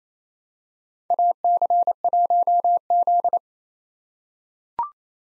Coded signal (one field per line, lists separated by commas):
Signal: Morse code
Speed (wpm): 27 wpm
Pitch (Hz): 700 Hz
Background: none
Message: AC1Z